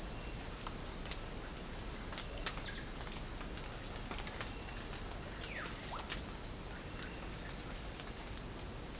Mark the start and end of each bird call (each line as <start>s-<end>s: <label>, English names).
1.72s-3.37s: Russet-backed Oropendola
5.21s-6.71s: Russet-backed Oropendola